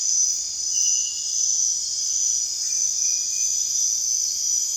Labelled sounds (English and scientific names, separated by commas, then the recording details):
none
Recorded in dense forest near Puerto Asís, Putumayo, Colombia, on 22 June 2025 at 22:30
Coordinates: 0.468, -76.322
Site GP03